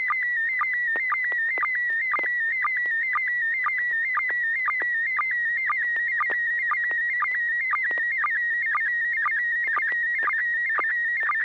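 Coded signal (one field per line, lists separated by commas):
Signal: SSTV (slow-scan television)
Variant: PD120 mode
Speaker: i have a picture i'd like to send it in pd120 it's got some fine detail in it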